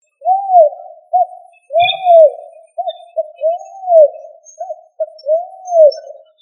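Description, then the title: Pigeon cooing: soft arched coos that rise and fall, longer rolling coos alternating with short clipped notes, with a brief low thump near two seconds. "Familia Columbidae Pomba"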